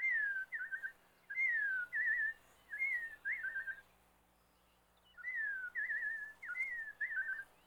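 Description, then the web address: Robin singing short whistled, downslurred and warbling phrases in two bursts of several notes, separated by a pause of over a second. "Bird Calls Robin"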